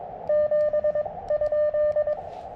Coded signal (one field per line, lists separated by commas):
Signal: Morse code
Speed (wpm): 22 wpm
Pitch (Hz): 600 Hz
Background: none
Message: 7?